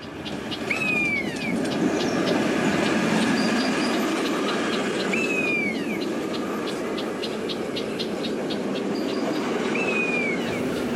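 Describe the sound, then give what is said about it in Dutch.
A small train rolls past on its rails, a steady rumbling roar with rhythmic clicking and three high, curving wheel squeals spaced a few seconds apart. No one speaks. “Het treintje. Dat dan langskwam, dat het vanuit ramen van prachtig.”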